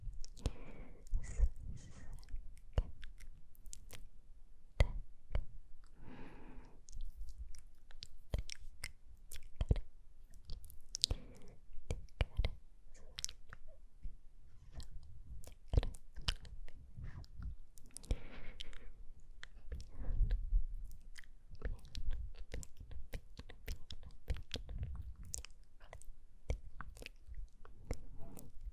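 Soft, breathy whispers too quiet to make out mingle with touching sounds on the face: frequent sharp clicks and brief crunchy, moist noises, like skin being rubbed or tapped, scattered irregularly throughout. A low rumble sits underneath, and the level stays fairly even.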